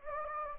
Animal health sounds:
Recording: mosquito wingbeat signal from an infrared sensor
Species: Anopheles gambiae

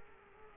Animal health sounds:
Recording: mosquito wingbeat signal from an infrared sensor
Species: Culex quinquefasciatus

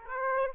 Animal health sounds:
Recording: mosquito wingbeat signal from an infrared sensor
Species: Aedes aegypti

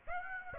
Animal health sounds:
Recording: mosquito wingbeat signal from an infrared sensor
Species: Aedes aegypti

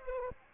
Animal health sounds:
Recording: mosquito wingbeat signal from an infrared sensor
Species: Aedes aegypti

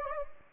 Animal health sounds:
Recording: mosquito wingbeat signal from an infrared sensor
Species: Anopheles gambiae

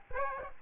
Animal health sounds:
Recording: mosquito wingbeat signal from an infrared sensor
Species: Aedes aegypti

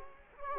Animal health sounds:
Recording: mosquito wingbeat signal from an infrared sensor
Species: Culex quinquefasciatus

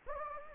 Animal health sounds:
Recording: mosquito wingbeat signal from an infrared sensor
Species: Anopheles gambiae

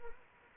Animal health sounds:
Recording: mosquito wingbeat signal from an infrared sensor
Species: Anopheles arabiensis

